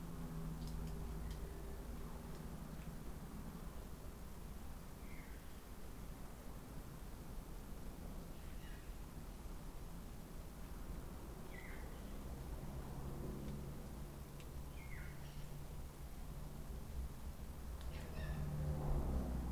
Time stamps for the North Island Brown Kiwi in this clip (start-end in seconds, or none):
none